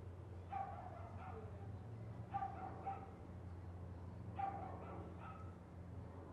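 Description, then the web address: Dog giving three quick bursts of paired, high yaps about two seconds apart against a constant low background hum. Constant yapping dog heard as neighbourhood background ambience. "Lynne Music Neighborhood-Background-Constant-Yappy-Dog"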